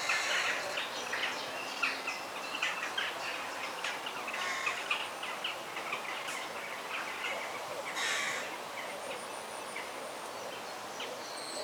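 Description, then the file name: Bird chorus of busy overlapping chirps and twitters, loudest early on, fading slightly later over constant background hiss. Forest setting. "ASMR Sounds of the Forest - Soothing Bird Sounds"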